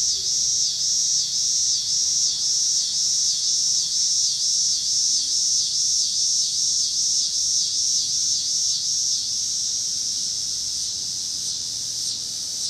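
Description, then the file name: Cicadas in a high buzzing chorus that swells and dips in a regular pulse about twice a second, then evens out, over a faint low rumble. Recorded in Pittsburgh, Pennsylvania, on 26 August 2023, together with passing cars. "2023-08-26 cicadas and cars Pittsburgh PA"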